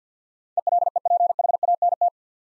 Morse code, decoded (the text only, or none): ELEPHANT